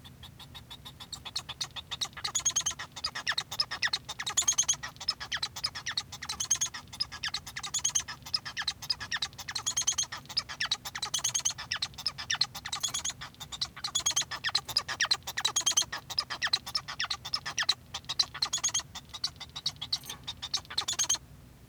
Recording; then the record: song of a male Bengalese finch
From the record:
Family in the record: son of father 1